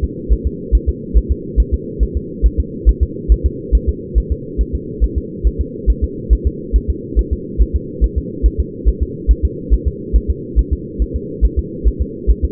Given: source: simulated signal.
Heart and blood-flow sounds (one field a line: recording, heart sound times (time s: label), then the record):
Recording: fetal heart sounds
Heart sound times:
0.04 s: S2
0.33 s: S1
0.47 s: S2
0.75 s: S1
0.89 s: S2
1.17 s: S1
1.31 s: S2
1.60 s: S1
1.74 s: S2
2.03 s: S1
2.17 s: S2
2.46 s: S1
2.60 s: S2
2.89 s: S1
3.03 s: S2
3.32 s: S1
3.46 s: S2
3.75 s: S1
3.89 s: S2
4.18 s: S1
4.32 s: S2
4.61 s: S1
4.75 s: S2
5.04 s: S1
5.18 s: S2
5.47 s: S1
5.61 s: S2
5.90 s: S1
6.04 s: S2
6.33 s: S1
6.47 s: S2
6.76 s: S1
6.90 s: S2
7.19 s: S1
7.33 s: S2
7.62 s: S1
7.76 s: S2
8.04 s: S1
8.18 s: S2
8.46 s: S1
8.60 s: S2
8.88 s: S1
9.02 s: S2
9.31 s: S1
9.45 s: S2
9.73 s: S1
9.88 s: S2
10.16 s: S1
10.30 s: S2
10.59 s: S1
10.73 s: S2
11.02 s: S1
11.16 s: S2
11.45 s: S1
11.59 s: S2
11.88 s: S1
12.01 s: S2
12.30 s: S1
12.44 s: S2
From the record:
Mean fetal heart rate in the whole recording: 140 bpm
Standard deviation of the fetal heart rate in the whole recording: 2 bpm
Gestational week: 34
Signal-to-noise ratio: -4.1 dB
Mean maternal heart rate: no maternal heart sound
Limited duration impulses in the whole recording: absent